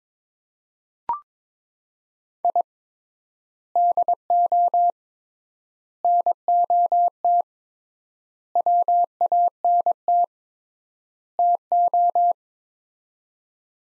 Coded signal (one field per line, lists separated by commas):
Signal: Morse code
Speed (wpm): 22 wpm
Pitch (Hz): 700 Hz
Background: none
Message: I DO NOT WANT TO